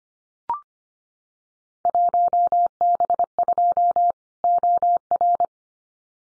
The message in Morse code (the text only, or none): 1B2 OR